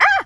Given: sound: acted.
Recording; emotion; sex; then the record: nonverbal affect burst; surprise; female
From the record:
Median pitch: 485 Hz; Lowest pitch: 343 Hz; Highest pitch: 707 Hz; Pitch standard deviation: 116 Hz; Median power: 78.3 dB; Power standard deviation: 10.4 dB